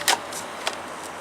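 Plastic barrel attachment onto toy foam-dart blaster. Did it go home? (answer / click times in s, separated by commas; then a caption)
no / none. A plastic barrel attachment is fitted onto a foam-dart toy blaster, making a short scrape at 0.1 s and a brief tap at 0.7 s. It does not click into place, probably because a small locking nub is missing, though the barrel still fits snugly. Nothing has seated or clicked yet.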